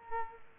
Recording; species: mosquito wingbeat signal from an infrared sensor; Culex quinquefasciatus